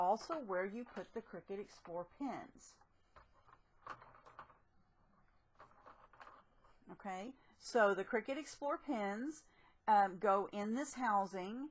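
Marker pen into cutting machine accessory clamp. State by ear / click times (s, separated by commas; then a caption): not seated / none. A marker pen is handled and lined up with the plastic accessory clamp of a Cricut Explore cutting machine, getting it ready to be pushed into the holder. Between stretches of someone talking, faint handling taps and knocks come from about 3.5 to 6.2 seconds. The pen has not been pushed in yet, and nothing has seated or clicked.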